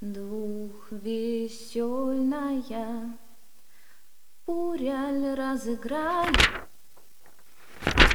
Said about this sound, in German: knarrte plötzlich die Tür und meine Undine trat ein